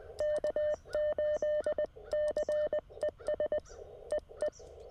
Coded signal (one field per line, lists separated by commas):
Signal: Morse code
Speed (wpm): 20 wpm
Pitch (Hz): 600 Hz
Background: none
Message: K8CES EE